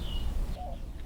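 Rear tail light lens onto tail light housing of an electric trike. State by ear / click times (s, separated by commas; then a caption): not seated / none. A plastic rear tail light lens is being handled against the tail light housing of an electric trike as it is reattached after repair. Steady low background rumble runs throughout, with faint high tonal chirps and a small soft tick near 1.0 s. Nothing has seated or clicked yet; the lens is not yet home.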